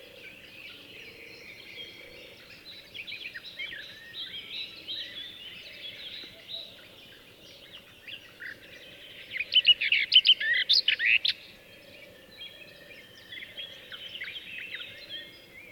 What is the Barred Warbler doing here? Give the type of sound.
song